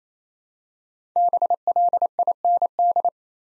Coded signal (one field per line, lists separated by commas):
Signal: Morse code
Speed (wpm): 29 wpm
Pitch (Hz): 700 Hz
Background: none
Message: BLIND